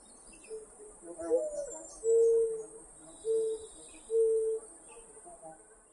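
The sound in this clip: Mourning dove cooing: a soft rising opening note, then three mellow, level hoots spaced about a second apart, over a steady high-pitched hiss.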